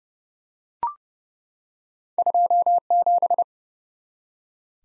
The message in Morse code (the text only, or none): 27